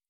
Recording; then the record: hydrophone in a shrimp aquaculture tank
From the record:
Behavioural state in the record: stressed